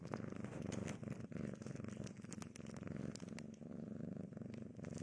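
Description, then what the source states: Cat purring, a rhythmic low vibrating rumble with brief breaks for breath and small clicks above. Domestic cat heard eating, sleeping and playing.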